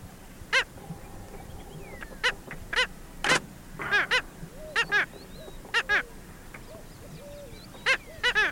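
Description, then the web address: Black Skimmer short nasal barks, scattered singly and in pairs over a low background hum, with a few thin higher calls between them. Recorded in Ecuador. "Birds of Ecuador. Black Skimmer"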